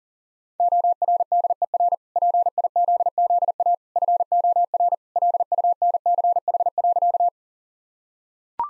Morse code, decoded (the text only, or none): ORDER PIZZA FOR LUNCH.